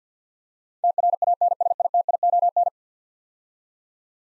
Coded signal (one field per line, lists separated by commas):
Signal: Morse code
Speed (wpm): 52 wpm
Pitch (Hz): 700 Hz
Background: none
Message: TRANSITION